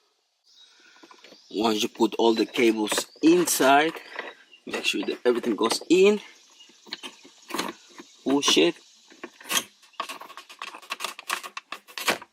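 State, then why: Seated. A CARABC touchscreen stereo head unit with its trim cover, cables fed in behind it, is pushed down into the center dash opening of a 2019–2022 Toyota RAV4 while someone talks. Its four spring clips, two on each side, snap into the dash with sharp clicks at 11.6 s and 12.0 s, and the unit is locked in place.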